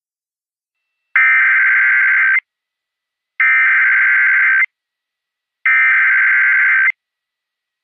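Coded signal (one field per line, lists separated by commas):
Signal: Emergency Alert System (SAME) tones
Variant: header bursts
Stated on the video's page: Simulated EAS scenario based on real Flash Flood and Severe Thunderstorm Warnings.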